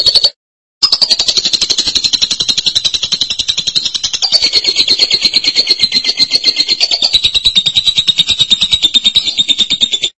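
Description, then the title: Lovebird song as a continuous run of fast, harsh, high-pitched twittering, gliding slightly downward, after a brief opening burst and short pause. "BM Suara Burung Lovebird"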